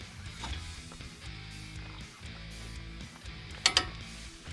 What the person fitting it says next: When you hear that click, you know you're at 110.